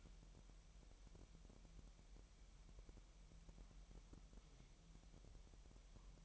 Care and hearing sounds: daily activity, microphone in the room; wipe stove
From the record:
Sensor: 1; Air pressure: 1001.0 hPa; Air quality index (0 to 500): 249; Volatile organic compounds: 149 ppm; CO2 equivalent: 4018 ppm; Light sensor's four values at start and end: 13/30/12/14 and 13/30/12/14

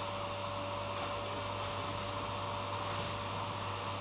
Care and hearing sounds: daily activity, microphone in the room; vacuum cleaning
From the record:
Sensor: 1

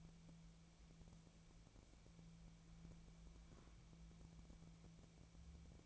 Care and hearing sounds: daily activity, microphone in the room; wipe stove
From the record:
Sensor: 1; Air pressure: 1000.5 hPa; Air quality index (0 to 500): 184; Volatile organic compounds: 4 ppm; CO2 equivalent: 1693 ppm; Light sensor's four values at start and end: 14/33/14/16 and 13/32/13/16

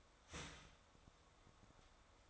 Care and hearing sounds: daily activity, microphone in the room; start toaster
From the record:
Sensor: 3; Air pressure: 1014.7 hPa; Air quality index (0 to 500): 194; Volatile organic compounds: 23 ppm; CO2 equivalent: 2778 ppm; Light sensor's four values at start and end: 4/11/4/4 and 4/11/4/4

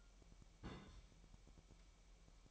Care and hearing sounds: daily activity, microphone in the room; place on stove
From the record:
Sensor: 1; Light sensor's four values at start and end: 6/13/5/6 and 6/13/5/6

